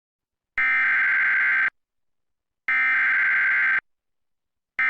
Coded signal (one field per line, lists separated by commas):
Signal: Emergency Alert System (SAME) tones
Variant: header bursts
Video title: TV EAS #27 (EAS #40): Flood Warning, 10/3/15